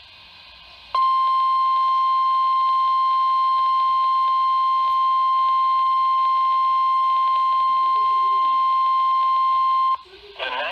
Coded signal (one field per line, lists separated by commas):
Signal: Emergency Alert System (SAME) tones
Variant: 1050 Hz attention tone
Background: speech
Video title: It Ain't Over Yet...EAS Alerts from July 23 & 24, 2020 (EAS #235-248)